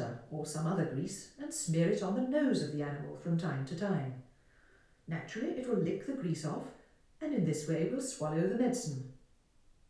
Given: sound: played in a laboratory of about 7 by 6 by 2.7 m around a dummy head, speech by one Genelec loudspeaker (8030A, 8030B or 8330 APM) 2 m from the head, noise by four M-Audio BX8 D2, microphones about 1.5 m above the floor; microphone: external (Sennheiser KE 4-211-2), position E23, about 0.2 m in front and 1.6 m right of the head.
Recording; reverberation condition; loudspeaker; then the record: female speech in English; medium; 120 degrees to the left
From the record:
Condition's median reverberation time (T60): about 510 ms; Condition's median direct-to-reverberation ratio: about -0.5 dB